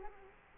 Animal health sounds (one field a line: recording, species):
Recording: mosquito wingbeat signal from an infrared sensor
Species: Culex quinquefasciatus